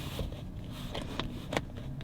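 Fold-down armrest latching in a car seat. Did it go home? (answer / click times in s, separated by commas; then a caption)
yes / 1.2 s, 1.6 s. A fold-down armrest on a car seat in a 2021 VW ID.4 is lowered with its inside button and then pushed again until it locks into place. Over a low, steady rumble, two sharp clicks at 1.2 s and 1.6 s mark the armrest latching, followed by a few softer knocks. The armrest is seated and locked.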